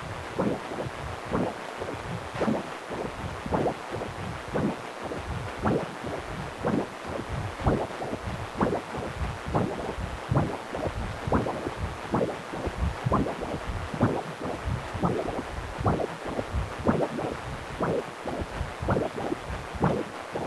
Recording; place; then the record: Doppler ultrasound of blood flow; precordium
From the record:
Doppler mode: continuous wave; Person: healthy adult, 18 to 50 years, no heart murmur, not diving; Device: 2.5 MHz transducer